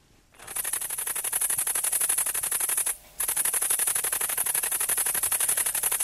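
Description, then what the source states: Great green bush-cricket stridulating, a fast, dense and very even ticking buzz like a rapid typewriter, running steadily with one brief break near the middle. Stridulation made by rubbing hind legs against the wings or the wings against each other; likened to a fast typewriter.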